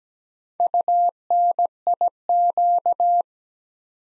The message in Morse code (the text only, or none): UNIQ